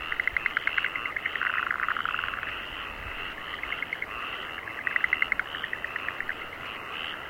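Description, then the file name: Frog chorus of fast, rattling croak bursts from several overlapping callers, pulsing in short runs over a constant buzzing hum. Frogs in rice fields in Aomori, Japan. "ANIMAL FROGS AOMORI RICE FIELDS"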